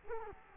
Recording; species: mosquito wingbeat signal from an infrared sensor; Culex quinquefasciatus